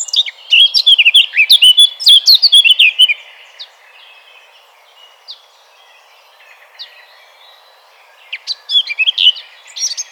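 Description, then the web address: Eurasian blackcap pouring out a rapid warble for three seconds, followed by a few sparse soft notes and a renewed burst of song near the end. "vogelstimmen moenchsgrasmuecke gesang nabu lars lachmann"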